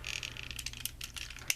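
A small plastic crotch piece from a toy upgrade kit is handled and fitted over the back of a transforming robot figure. Light plastic rattles and taps occur through the clip, with a sharper tap at 1.5 s. Nothing has seated or clicked yet.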